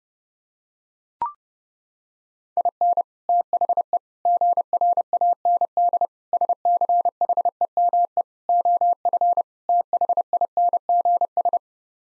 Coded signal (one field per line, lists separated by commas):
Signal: Morse code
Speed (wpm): 30 wpm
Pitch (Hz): 700 Hz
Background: none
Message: IN THE GRAND SCHEME OF THINGS